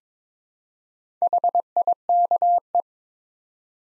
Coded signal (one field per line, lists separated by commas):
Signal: Morse code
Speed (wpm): 22 wpm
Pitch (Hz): 700 Hz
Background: none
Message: HIKE